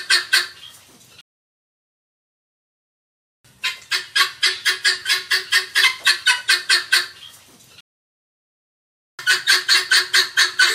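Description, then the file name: Helmeted guineafowl with harsh, repeated cackling notes in quick succession, delivered in three bursts separated by short silences. Calling the flock together. "Tieng ga sao keu goi bay"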